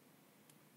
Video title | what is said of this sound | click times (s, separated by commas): Setup du F.Port de FrSky sur Betaflight (Branchement & Configuration) | entend un petit clic et sa part pas | 0.5 s